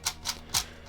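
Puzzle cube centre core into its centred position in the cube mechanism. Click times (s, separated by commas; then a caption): 0.1 s. The misaligned centre core of a plastic even-layer puzzle cube, which had slipped out of the middle so the sides would not turn, is worked back into its centred position in the cube mechanism. A sharp click at 0.1 s marks the core snapping back into place, followed by further short clicks at about 0.3 s and 0.6 s. The core is seated and the cube can turn again.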